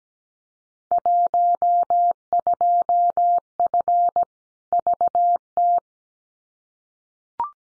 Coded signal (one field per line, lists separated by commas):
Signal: Morse code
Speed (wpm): 17 wpm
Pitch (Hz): 700 Hz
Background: none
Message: 12F VT